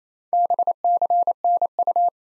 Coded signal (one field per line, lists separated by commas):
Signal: Morse code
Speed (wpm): 28 wpm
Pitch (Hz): 700 Hz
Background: none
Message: BCNU